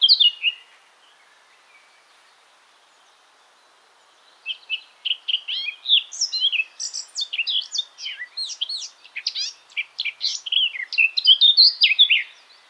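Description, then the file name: Eurasian blackcap song: a brief opening phrase, a long silence, then an energetic, continuous warble of varied notes. "Sylvia atricapilla"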